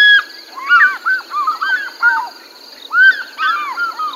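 African fish eagle calling: a rapid series of loud, ringing, arched yelping notes in two bursts with a short pause between, over a steady high-pitched background whine.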